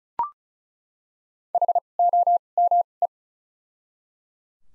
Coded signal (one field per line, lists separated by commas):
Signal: Morse code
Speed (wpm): 36 wpm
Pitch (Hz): 700 Hz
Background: none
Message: H O M E